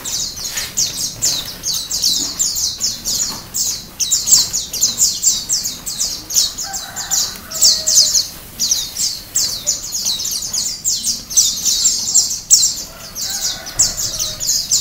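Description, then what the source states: White-eye pouring out a long, high, busy twittering song of rapid chirps without a break, while faint lower calls sound in the background. Ombyokan song style; recording used as a training song (masteran).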